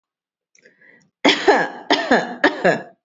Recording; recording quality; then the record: heavy voluntary cough; excellent, no background noise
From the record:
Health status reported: healthy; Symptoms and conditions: none ticked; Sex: female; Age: 42 years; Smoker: not ticked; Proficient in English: no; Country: India